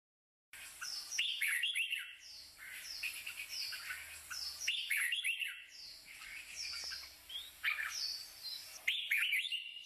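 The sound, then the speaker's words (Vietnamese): Several birds chirp and tweet outside a window in quick, overlapping bursts of high, bright calls, with a few harsher squawks mixed in, continuing steadily over a soft low hum. “Noãn Tâm bị tiếng chim hót ngoài cửa sổ làm thức tỉnh”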